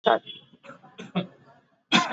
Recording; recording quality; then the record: shallow voluntary cough; excellent, no background noise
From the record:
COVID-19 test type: RT-PCR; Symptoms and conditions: cough, cold, fever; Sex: male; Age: 31 years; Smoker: no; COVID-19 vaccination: both doses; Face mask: worn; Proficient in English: yes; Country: India